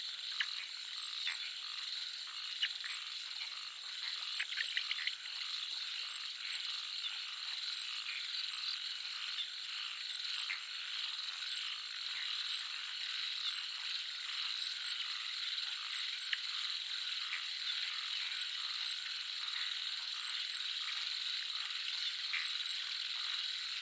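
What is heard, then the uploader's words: Frogs and crickets fill a dense, steady night chorus, with high insect trills running without a break and rapid ratcheting frog calls repeating every second or so. The sound sits bright and high with almost no low end, spread evenly across the whole stretch. Frogs & Crickets. Jungle nature.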